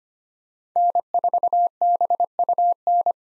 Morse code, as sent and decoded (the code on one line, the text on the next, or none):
-. ....- -... ..- -.
N4BUN